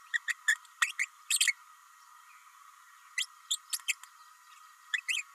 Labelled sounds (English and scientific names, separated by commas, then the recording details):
Green-rumped Parrotlet (Forpus passerinus) babbling
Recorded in a nest box in Venezuela
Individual 18B104A5